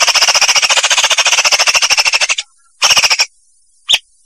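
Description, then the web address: Leafbird song: a long fast rattling trill, then a shorter rattling burst and a single sharp note. Vietnam variety; training (masteran) recording used for tutoring birds. "cucakijo-vietnam masteran cucak-ijo"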